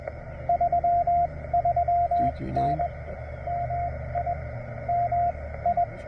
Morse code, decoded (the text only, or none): 33N MI MI